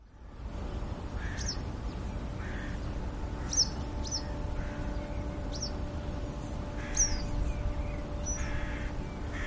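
Western yellow wagtail producing sharp, high, descending chirps at irregular intervals, interspersed with softer lower notes, a steady low hum and rumble underneath.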